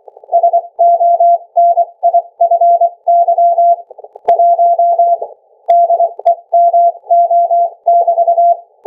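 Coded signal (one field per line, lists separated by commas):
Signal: Morse code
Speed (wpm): 23 wpm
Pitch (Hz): 690 Hz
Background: none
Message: SONIFY 1 DEMO<BT>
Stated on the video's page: Morse code sent by ultrasound across about 5 m, received by a laptop's internal microphone, which was overloaded.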